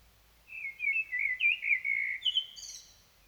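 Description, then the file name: Common blackbird song: a run of soft, flowing fluty notes ending in a brief, high-pitched chattering twitter. "Turdus merula"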